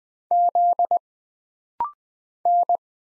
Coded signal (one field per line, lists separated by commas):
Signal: Morse code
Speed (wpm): 20 wpm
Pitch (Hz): 700 Hz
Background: none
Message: Z N